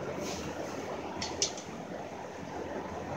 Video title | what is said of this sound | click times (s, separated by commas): 2013 chrysler 300 S [P0735] trans cooler/condenser replacement | I'll just slide those into place until they lock into place | 1.4 s